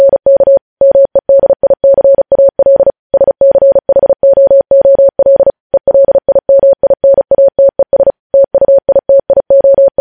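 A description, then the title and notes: Morse code beeps in a single steady mid-pitched tone, keyed on and off in quick dots and dashes with brief silent gaps between groups. The rhythm runs continuously for the whole stretch, clean, with no other sounds behind it. Morse code.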